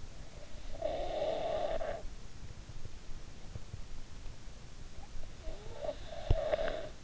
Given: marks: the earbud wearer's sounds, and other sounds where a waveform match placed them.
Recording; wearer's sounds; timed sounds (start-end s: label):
sounds in sleep by an in-ear microphone; snoring breath
0.29-2.19 s: snoring breath
4.94-7.04 s: snoring breath